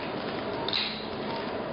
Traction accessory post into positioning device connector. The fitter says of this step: that clicked into place that